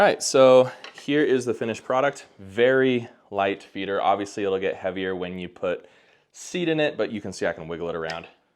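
A plastic lid or cover on a smart bird feeder body is handled and wiggled around while someone talks, with no distinct snap or click standing out from the voice. The part has not popped into place yet, and nothing has seated or clicked.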